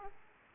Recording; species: mosquito wingbeat signal from an infrared sensor; Aedes aegypti